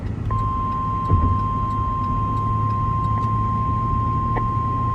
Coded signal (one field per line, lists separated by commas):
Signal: Emergency Alert System (SAME) tones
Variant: 1050 Hz attention tone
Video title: NWR Required Weekly Tests from 6/19/24 (EAS #962-964)